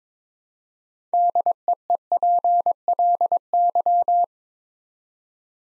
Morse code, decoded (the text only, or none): DEEPLY